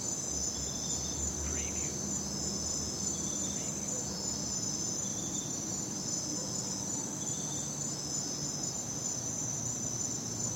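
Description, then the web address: Crickets chirping in a continuous high trill. At night. "the sound pack tree. night crickets and birds"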